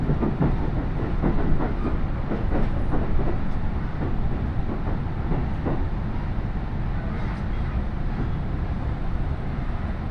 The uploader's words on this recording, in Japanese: 鉄道旅 飯田線 辰野→伊那市。やってきたのは313系の2両編成。